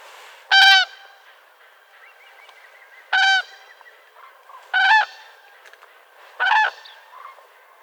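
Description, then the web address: Common crane giving loud trumpeting calls, four strong bugling notes spaced irregularly about two seconds apart over faint background calling. "grus grus call"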